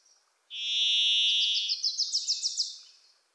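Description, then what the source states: Varied thrush singing a sustained, even, buzzy whistled tone, overlapped and followed by a rapid, rising chatter from a Wilson's Warbler. In forests of the Pacific Northwest, singing from deep within the trees; a Wilson's Warbler also singing.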